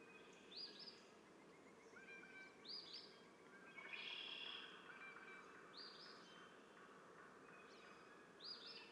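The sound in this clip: Red-winged blackbirds, buzzy songs repeating every second or two.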